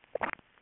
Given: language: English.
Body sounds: throat vibration sensor signal played as sound; swallow

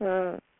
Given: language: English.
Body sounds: throat vibration sensor signal played as sound; speech

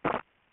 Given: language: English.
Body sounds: throat vibration sensor signal played as sound; swallow

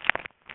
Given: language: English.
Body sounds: throat vibration sensor signal played as sound; swallow

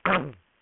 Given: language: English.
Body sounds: throat vibration sensor signal played as sound; throat clearing

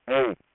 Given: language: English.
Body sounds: throat vibration sensor signal played as sound; speech

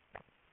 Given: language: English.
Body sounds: throat vibration sensor signal played as sound; swallow

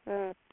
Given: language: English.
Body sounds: throat vibration sensor signal played as sound; speech

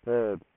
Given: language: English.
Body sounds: throat vibration sensor signal played as sound; speech

